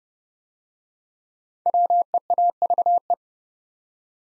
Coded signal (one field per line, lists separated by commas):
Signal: Morse code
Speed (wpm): 30 wpm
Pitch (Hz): 700 Hz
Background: none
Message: WEAVE